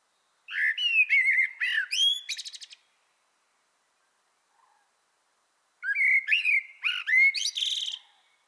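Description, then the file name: Common blackbird delivering two song phrases about three seconds apart, fluted warbling notes that end in buzzy, high-pitched twittering flourishes. "Turdus merula"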